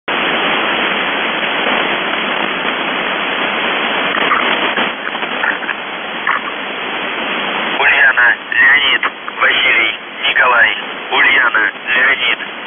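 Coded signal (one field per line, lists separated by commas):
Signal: numbers station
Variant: UVB-76 voice message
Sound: hissing shortwave static, then a distorted male voice reading words through the noise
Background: radio static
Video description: The Buzzer/UVB-76(4625Khz) August 24, 2021 Voice messages; 00:00 0333z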